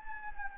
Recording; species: mosquito wingbeat signal from an infrared sensor; Anopheles gambiae